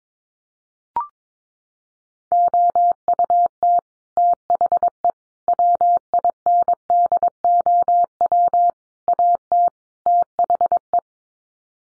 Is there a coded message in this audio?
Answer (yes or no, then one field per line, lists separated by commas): yes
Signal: Morse code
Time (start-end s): 2.3-11.0 s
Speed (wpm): 22 wpm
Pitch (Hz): 700 Hz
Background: none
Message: OUT THE WINDOW AT THE